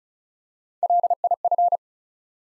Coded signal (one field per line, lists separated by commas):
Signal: Morse code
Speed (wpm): 36 wpm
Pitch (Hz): 700 Hz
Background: none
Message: LIF